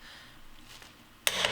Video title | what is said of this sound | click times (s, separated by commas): How to Use a Torque Wrench | as soon as you hear the click you know that the bolt is now tightened to 89 ft lbs | 1.3 s